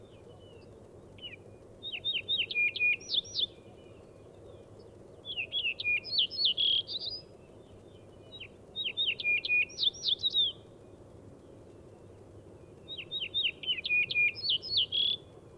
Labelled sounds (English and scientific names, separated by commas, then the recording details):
Yellow-breasted Bunting (Emberiza aureola) song
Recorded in the wild
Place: Ulan Bator, MN
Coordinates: 47.886, 106.906
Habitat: Park
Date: 1979-06-13 04:20
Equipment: Nagra III BH, Sennheiser MD 21, parabola
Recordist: Schubert, Michael